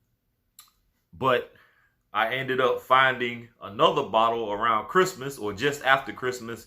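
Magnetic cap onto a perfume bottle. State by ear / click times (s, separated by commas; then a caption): seated / 0.6 s. A magnetic cap is put back onto a fragrance bottle and snaps into place with one sharp click at 0.6 s, seating the cap. Someone then talks for the rest of the clip.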